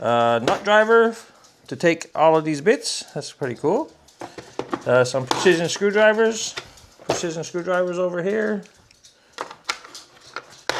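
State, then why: Seated. Someone talks while a precision screwdriver holder is fitted back into a plastic power tool kit case, with a few light knocks around 4.6 s. Sharp snapping clicks follow at 9.7 s and 10.7 s as the holder snaps into place and seats in the case.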